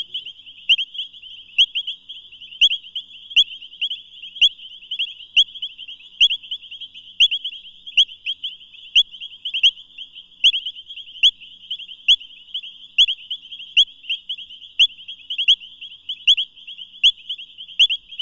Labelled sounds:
Painted Reed Frog (Hyperolius marmoratus) call
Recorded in the wild
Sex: group
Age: adult
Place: Camp Satara, Krüger Nationalpark, ZA
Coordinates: -24.4, 31.78
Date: 1996-01-12 22:17
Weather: 26°C, Luftfeuchtigkeit 60%
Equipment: Sony TCD-D3 (Longplay), Sennheiser ME 80, K 30 AV
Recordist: Gutsche, Alexander
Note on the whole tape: H.m.taeniatus-Chor (kein Einzeltier): sehr laut (Aussteuerung auf 2!), Entf. 1 - 1,5 m. Danach Einzeltier: sehr laut (Aussteuerung auf 2!), Entf. 0,4 m. Kunstteich mit Cyperus, Typha, Nymphaea. Weitere Arten im Teich: Bufo garmani, Xenopus spec., Pelomedusa subrufa (Testudines). Achtung Aufnahme im Longplay-Modus

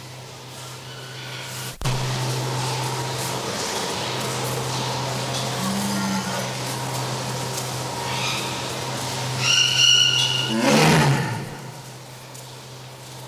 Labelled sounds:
Tiger (Panthera tigris) call
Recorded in captivity
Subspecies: sumatrae
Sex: male
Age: adult
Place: Tierpark Berlin, Berlin, DE
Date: 1983-12-24
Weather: sunny, 1-3°C, no wind
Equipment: Nagra SN, Sennheiser MKH 416 T, Kopie Uher 4000 Report Monitor
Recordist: Tembrock, Günter

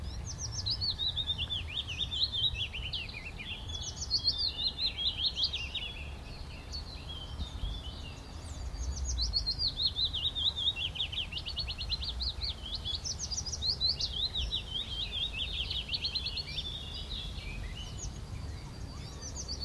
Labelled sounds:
Willow Warbler (Phylloscopus trochilus)
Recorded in the wild
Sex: male
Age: adult
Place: Brackenheim, OT Stockheim, Baden-Württemberg, DE
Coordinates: 49.0883, 9.00917
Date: 1969-06-23 16:00
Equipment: Nagra III PH, MD 211, PES 26
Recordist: Jeserich, E. and Schneider, H.-J

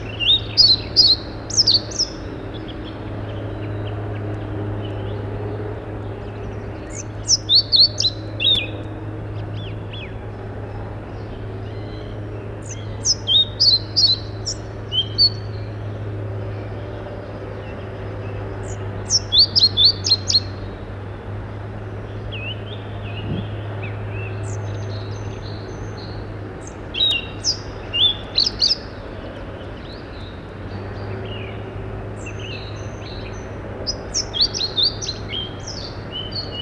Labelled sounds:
European Pied Flycatcher (Ficedula hypoleuca) song
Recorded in the wild
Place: Venz, Insel Rügen, Mecklenburg-Vorpommern, DE
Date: 1969-05-21
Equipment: NAGRA III BH, Sennheiser MD21 mit Reflektor (d=75 cm, Glasfiber) und Stativ
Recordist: Schubert, Michael

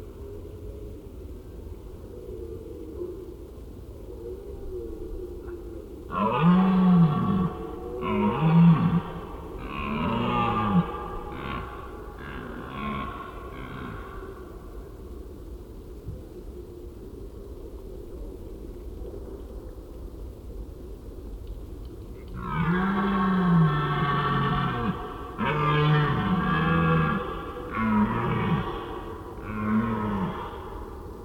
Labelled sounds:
Red Deer (Cervus elaphus) call
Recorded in the wild
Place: Schorfheide, Brandenburg, DE
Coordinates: 52.907, 13.531
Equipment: Nagra III BH, Sennheiser MD 21, parabola
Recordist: Schubert, Michael

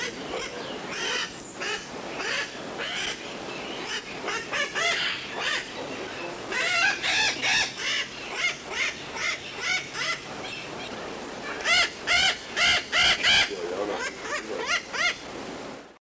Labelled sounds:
Red-shouldered Macaw (Diopsittaca nobilis) call
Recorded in captivity
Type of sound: call
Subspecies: cumanensis
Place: Teneriffa
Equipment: Halbspur, 9,5 cm/s
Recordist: Lütgens, Hans
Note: Rufe

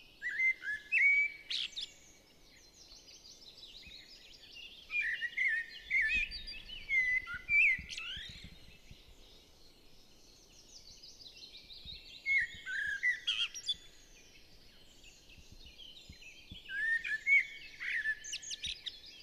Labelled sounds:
Common Blackbird (Turdus merula) song
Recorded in the wild
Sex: male
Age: adult
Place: Goriner Forst, Naturpark Barnim, Brandenburg, DE
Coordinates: 52.7036, 13.4906
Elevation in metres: 77
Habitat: deciderous forest
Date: 2014-04-27
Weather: cloudy, 10°C, windless
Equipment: Sound Devices 702, Sennheiser MKH 70, Rycote Windschutz
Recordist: Frommolt, Karl-Heinz

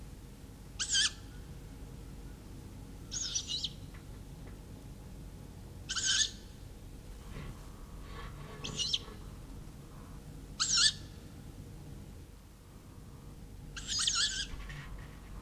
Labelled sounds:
Tawny Owl (Strix aluco) call
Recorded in the wild
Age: juvenile
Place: Blankenburg/Harz, Harz, Sachsen-Anhalt, DE
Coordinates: 51.7917, 10.9633
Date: 1971-07-15
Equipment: Uher 4200 Report-S, Tesla Verstärker, Sennheiser MD 421
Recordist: Tembrock, Günter
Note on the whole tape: Flügge diesjährige Jungvögel, Rufe - auf dem Nachbarhaus

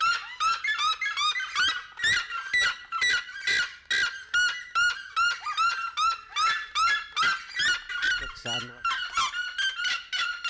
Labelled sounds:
Red-legged Seriema (Cariama cristata) call
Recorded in captivity
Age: adult
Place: Zoo Berlin, Berlin, DE
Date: 1992-12-05 11:19
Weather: schwach sonnig, ca. 4°C
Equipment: Marantz CP 430, Sennheiser ME 80, Kopie Tesla B 116
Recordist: Tembrock, Günter

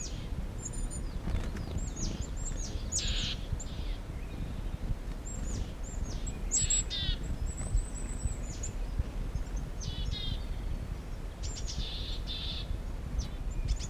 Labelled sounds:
Willow Tit (Poecile montanus)
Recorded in the wild
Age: adult
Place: Mirnock, Kärnten, AT
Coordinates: 46.758, 13.714
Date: 1968-04-15
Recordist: Brunner, Thomas

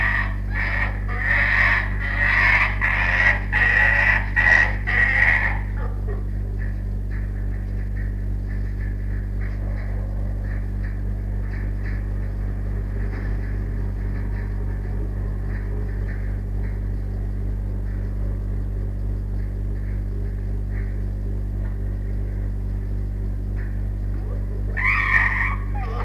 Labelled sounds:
Arctic Fox (Vulpes lagopus)
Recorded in captivity
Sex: female
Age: adult
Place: Zoologisches Institut der HUB, Berlin, DE
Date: 1958-04-02 18:15
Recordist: Tembrock, Günter

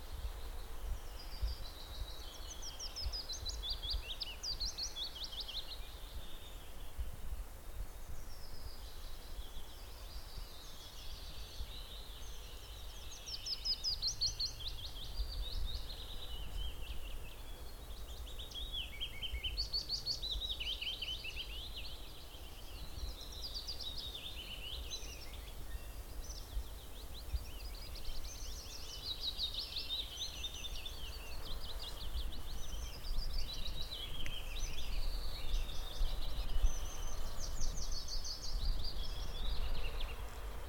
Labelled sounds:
Willow Warbler (Phylloscopus trochilus)
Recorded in the wild
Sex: male
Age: adult
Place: Müggelsee, Berlin, DE
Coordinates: 52.43, 13.64
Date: 1990-04-29
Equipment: Uher 4400 Report Monitor, Sennheiser ME 80, K 30 AV
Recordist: Fischer, Stefan

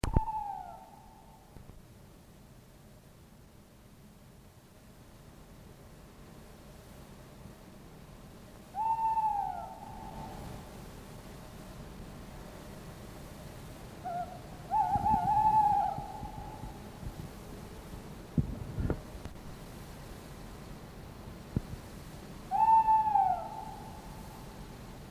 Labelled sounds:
Tawny Owl (Strix aluco)
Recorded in the wild
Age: adult
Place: Amalienpark, Berlin, DE
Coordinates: 52.5722, 13.4133
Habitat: Stadtpark
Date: 1987-04-15
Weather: 0°C Lufttemperatur
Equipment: Nagra SN, Kopie Tesla B 116
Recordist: Tembrock, Günter
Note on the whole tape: Rufreihen

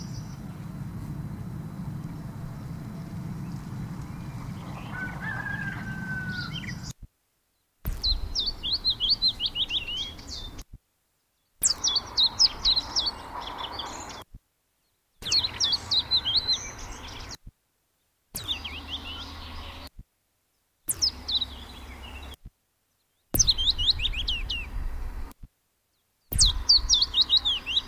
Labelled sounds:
Willow Warbler (Phylloscopus trochilus)
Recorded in the wild
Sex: male
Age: adult
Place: Schorndorf beim Hegnauhof, Baden-Württemberg, DE
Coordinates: 48.7886, 9.56917
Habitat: edge of the woods, young stand
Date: 1966-06-03
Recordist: Jeserich, E

